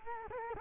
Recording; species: mosquito wingbeat signal from an infrared sensor; Culex quinquefasciatus